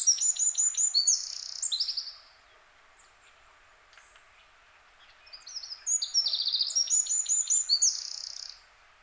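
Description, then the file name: Eurasian wren song: two loud, rapid bursts of high trills and ringing notes, each about two to three seconds long, separated by a quiet pause. "Troglodytes troglodytes"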